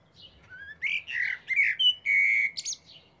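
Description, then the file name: Common blackbird song: rising then sustained mellow whistles, with short high squeaky notes near the end. "Turdus merula"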